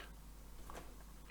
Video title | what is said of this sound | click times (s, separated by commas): Build the U 96 U boat Kits 29 to 32 from Hachette | can hear it click into place | 0.7 s, 1.3 s